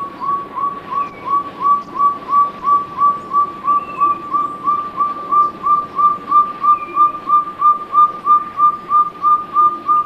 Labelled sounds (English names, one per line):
Chestnut-bellied Partridge call